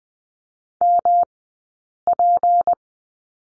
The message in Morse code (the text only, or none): MP